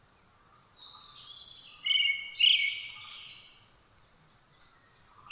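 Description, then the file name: Brown-headed thrush singing a faint high opening, then two strong whistled notes in quick succession followed by a softer twittering tail. Recorded 17 June 2009 at 06:48 in the morning. "akahara-20090617-0648"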